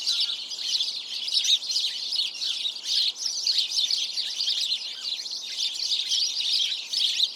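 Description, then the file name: House sparrows calling together, rapid overlapping chirps in a constant noisy chatter with small swells. "Passer domesticus"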